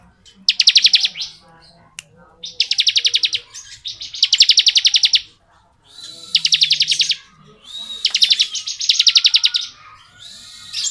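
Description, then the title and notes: Bar-winged prinia song of quick, buzzy repeated notes in several bursts separated by short pauses. Song in the ngebren style, used as tutor audio for training murai batu songbirds. "Ciblek Ngebren Untuk Masteran Murai Batu. Suara burung ciblek - Suara Nada"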